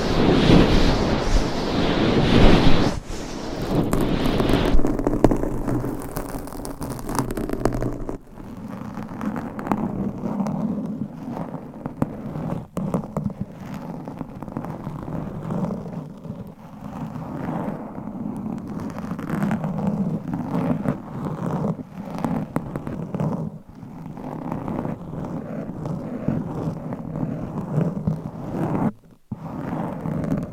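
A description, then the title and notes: Microphone scratching and rubbing, harsh and bright for the first eight seconds, then a duller, steady rustling rumble with brief dropouts near the end. ASMR Mic Scratching - Brain Scratching 40 Different Mic Setups - Asmr No Talking.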